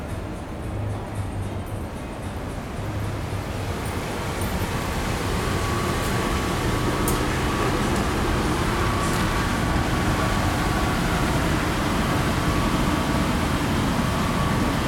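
Street ambience in Shinjuku's Kabuki-cho and Golden-Gai, a dense, steady rumble of traffic and passing vehicles that grows slightly louder over the fifteen seconds. A faint thin tone hums through the middle, and a few brief bright clicks appear around seven and nine seconds.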